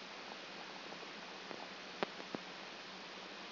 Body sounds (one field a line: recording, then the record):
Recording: brain microelectrode recording played as sound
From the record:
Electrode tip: outside the subthalamic nucleus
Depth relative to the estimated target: -6 mm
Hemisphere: left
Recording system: AlphaMap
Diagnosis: Parkinson's disease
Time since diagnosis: 14 years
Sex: female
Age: 58 years